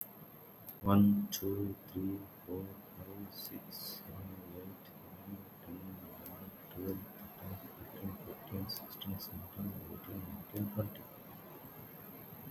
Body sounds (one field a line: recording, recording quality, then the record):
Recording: counting at a normal pace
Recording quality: excellent, no background noise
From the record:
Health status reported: healthy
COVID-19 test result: not tested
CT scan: not taken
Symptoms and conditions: cough, fatigue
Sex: male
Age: 38 years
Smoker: yes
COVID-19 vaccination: both doses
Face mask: not worn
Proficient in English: yes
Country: India